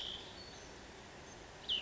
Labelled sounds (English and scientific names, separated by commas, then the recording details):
Cassin's Vireo (Vireo cassinii)
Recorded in Sonoma County, California